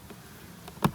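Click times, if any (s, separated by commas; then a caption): 0.8 s. The window of a Braxton Creek Bushwhacker 10 SS RV camper is loosened and lifted up until the sash snaps into its hold-open catch. Over a low, steady background, a faint tick comes at 0.7 s, then a sharp, bright click at 0.9 s. The window is confirmed seated in the catch.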